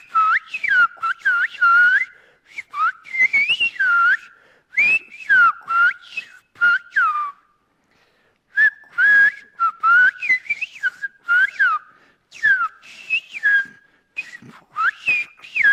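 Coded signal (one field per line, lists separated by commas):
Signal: whistled language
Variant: Sfyria (Greek)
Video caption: [σφυρίγματα] [σφυρίγματα] [σφυρίγματα]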